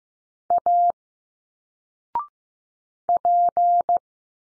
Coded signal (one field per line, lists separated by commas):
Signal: Morse code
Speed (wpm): 15 wpm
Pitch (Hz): 700 Hz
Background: none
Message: A P